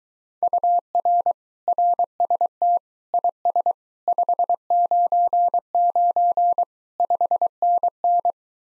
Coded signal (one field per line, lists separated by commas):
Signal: Morse code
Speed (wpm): 22 wpm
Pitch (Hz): 700 Hz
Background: none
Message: UR RST IS 599 5NN